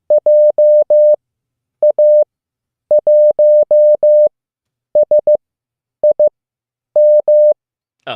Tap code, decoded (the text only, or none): none